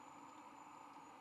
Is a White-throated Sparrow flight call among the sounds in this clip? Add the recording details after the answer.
no. No flight call is heard. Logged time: 23:05 on 22 November 2014